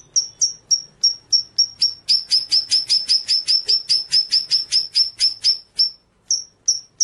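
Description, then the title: White-rumped shama song: a long run of sharp, high clipped notes, quickening in the middle, then slowing, with a brief pause before a few more. Masteran training track of rolling continuous song with sharp shooting notes (ngerol, nembak). "Masteran Murai Batu Full Ngerol Nembak"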